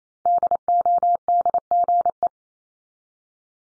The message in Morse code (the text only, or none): DODGE